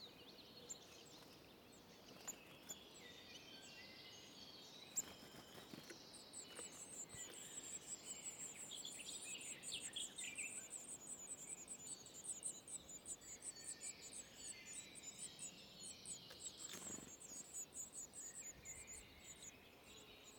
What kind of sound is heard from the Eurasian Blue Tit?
begging call